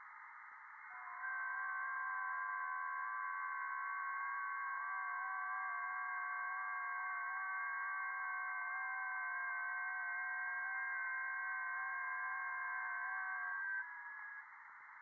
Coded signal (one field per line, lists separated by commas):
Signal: FT8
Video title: 2025-07-12 1800 [VOD] Music, Ham Radio VOX & FT8 - Offline Worldwide Comms from the Edge of the Net